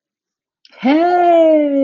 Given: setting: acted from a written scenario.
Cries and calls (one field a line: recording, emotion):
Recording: vocal sound without words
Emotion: contentment